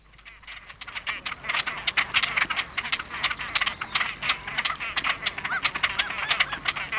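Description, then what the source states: Great Crested Grebe calling: rapid, harsh, ticking notes in fast chattering runs, growing louder after the first second and continuing steadily throughout. Field recording from Sweden.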